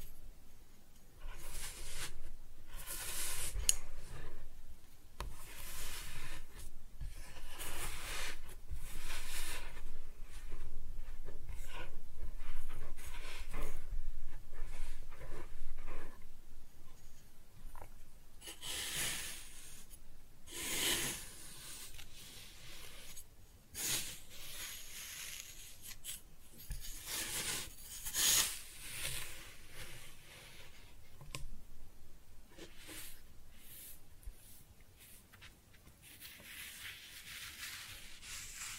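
Kinetic sand is cut and scooped in a run of soft, gritty crunches and scrapes, irregular and fairly dense, with brief pauses between strokes. The sounds are brighter and busier in the first twenty seconds, then thin out and grow quieter toward the end.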